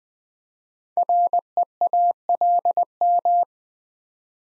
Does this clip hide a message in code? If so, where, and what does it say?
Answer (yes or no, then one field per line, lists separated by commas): yes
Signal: Morse code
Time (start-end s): 1.0-3.4 s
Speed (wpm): 20 wpm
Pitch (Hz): 700 Hz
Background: none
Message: REALM